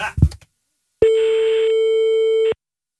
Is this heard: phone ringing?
yes